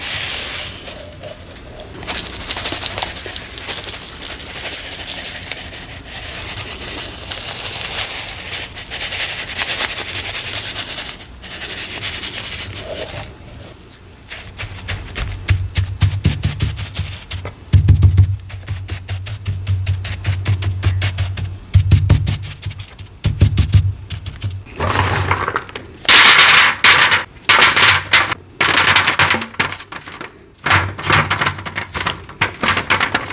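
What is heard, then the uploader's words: Crisp handling of cornstarch and water: a soft hiss and gritty rubbing in the first half give way to a rapid run of sharp, crunchy taps and pats from about fifteen seconds on, with a low thudding beneath. The sounds come dense and uneven, ending in bright crackly bursts. ASMR Pouring and Tapping Sounds. ASMR pouring water sounds, gritty sounds, patting crunchy cornstarch and oddly satisfying asmr sounds.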